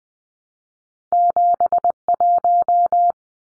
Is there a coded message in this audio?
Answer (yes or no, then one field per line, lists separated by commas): yes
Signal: Morse code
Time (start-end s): 1.1-3.1 s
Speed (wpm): 20 wpm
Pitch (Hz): 700 Hz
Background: none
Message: 71